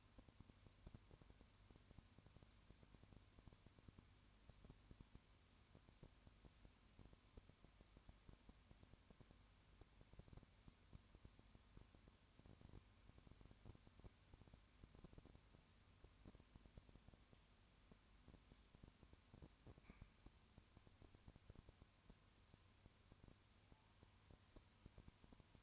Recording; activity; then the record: daily activity, microphone in the room; no activity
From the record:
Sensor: 2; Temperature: 20.3 degrees Celsius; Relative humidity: 35.6%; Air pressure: 1001.0 hPa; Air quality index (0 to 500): 197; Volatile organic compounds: 5 ppm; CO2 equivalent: 1736 ppm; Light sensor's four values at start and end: 2/3/2/2 and 2/3/2/2